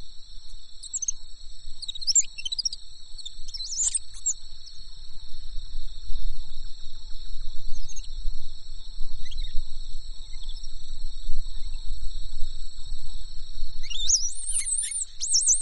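Birds chirp in quick bright bursts near the start, around four seconds and again at fourteen, over a steady insect drone and low rumble.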